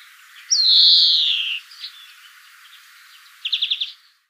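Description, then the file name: European greenfinch giving one long nasal wheeze that slides downward over about a second, followed later by a short burst of five quick buzzy twittering notes. "Chloris chloris"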